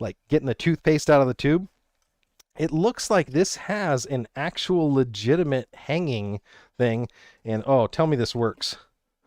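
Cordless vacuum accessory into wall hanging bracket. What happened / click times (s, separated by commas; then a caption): Handled, not yet home: the accessory has not clicked into the hanger / none. Someone talks while handling a cordless vacuum accessory at a wall-mount hanging bracket that has a clicker for accessories, with a few faint, brief handling ticks during a pause around 2.0–2.4 seconds. The accessory has not yet clicked or seated into the wall hanger.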